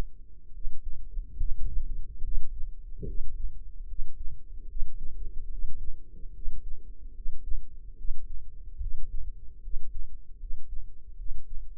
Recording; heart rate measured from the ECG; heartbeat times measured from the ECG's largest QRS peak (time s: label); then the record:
heart sounds by microphone in the left ear; 73 bpm
0.52 s: heartbeat
1.37 s: heartbeat
2.22 s: heartbeat
3.05 s: heartbeat
3.87 s: heartbeat
4.67 s: heartbeat
5.49 s: heartbeat
6.33 s: heartbeat
7.13 s: heartbeat
7.96 s: heartbeat
8.79 s: heartbeat
9.61 s: heartbeat
10.38 s: heartbeat
11.16 s: heartbeat
From the record:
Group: healthy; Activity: rest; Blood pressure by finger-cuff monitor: 104/70 mmHg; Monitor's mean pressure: 80 mmHg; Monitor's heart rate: 73 bpm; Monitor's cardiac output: 5.4 L/min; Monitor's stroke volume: 75 mL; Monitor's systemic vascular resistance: 1070 dyn s/cm5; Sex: male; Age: 21 years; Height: 170 cm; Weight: 71 kg